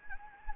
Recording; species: mosquito wingbeat signal from an infrared sensor; Anopheles gambiae